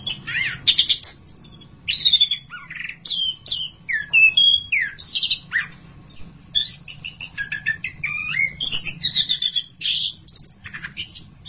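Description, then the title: Thrush song, a rich varied run of high whistles, trills and buzzy notes in quick phrases with short pauses, with a low steady hum beneath. "burung anis x"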